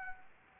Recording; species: mosquito wingbeat signal from an infrared sensor; Anopheles arabiensis